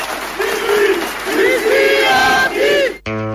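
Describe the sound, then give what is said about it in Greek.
A large crowd below a speaker cheers, applauds and chants in loud, rising and falling waves of voices for about three seconds, then it cuts off abruptly into a short, steady buzzing tone. “Αν χρειαστεί λοιπόν, γινόμαστε και εφηγόδικοι με πάθος, χειροκροτήματα από κάτω,”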